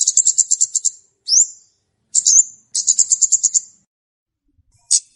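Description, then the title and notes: Flowerpecker song: very high, thin trills of rapid ticking notes, broken by a short rising slurred whistle and a sharp note near the end. Song used to lure birds (pikat); local names Kemade, Cabe Cabean. "Kicau Untuk Pancing Burung Kemade ( Cabe Cabean). Suara Burung Cabe Cabean Pikat"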